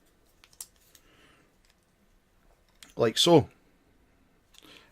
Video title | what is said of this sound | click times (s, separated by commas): Transformers Robots in Disguise : Galvatronus Unboxing and Review | will just lock into place like | 0.6 s